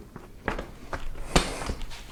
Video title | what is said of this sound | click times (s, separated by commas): Cool Covers Seat Cover + the Seat Slope Modification Fixed the Seat on my 2019 Yamaha Tracer 900 GT | there we go that snaps into place | 0.5 s, 1.4 s